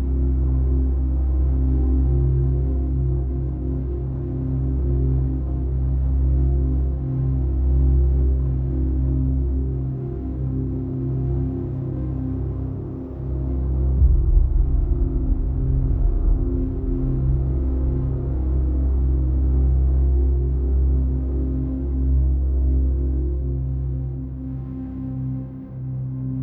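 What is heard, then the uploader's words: Distant planet ambience: a deep, steady drone built from low sustained tones with a faint ringing layer above, nothing bright on top. Around the middle the low rumble thickens and swells for a few seconds, then settles back into the same slow hum. Distant Planet Ambience.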